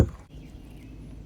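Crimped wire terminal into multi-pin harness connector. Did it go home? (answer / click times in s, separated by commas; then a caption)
no / none. An orange crimped wire terminal is being handled at pin 20 of a gray multi-pin mirror harness connector, clip facing up, while wiring OEM power telescopic tow mirrors on a 2015–2020 Ford F150. A sharp, loud knock at the very start fades quickly into quiet low-frequency handling noise for the rest of the clip. Nothing has seated or clicked yet.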